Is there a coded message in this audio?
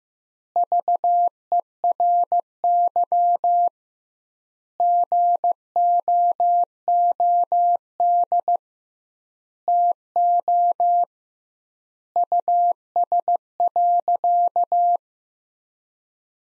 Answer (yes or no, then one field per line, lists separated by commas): yes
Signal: Morse code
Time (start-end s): 0.6-15.0 s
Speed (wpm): 16 wpm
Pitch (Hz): 700 Hz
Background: none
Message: VERY GOOD TO US.